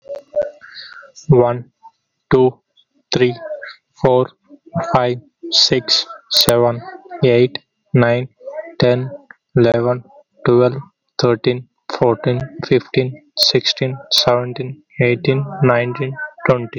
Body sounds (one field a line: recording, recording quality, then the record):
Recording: counting at a normal pace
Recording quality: excellent, no background noise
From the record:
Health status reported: healthy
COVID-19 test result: not tested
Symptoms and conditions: none ticked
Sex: male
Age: 20 years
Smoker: not ticked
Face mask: not worn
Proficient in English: yes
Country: India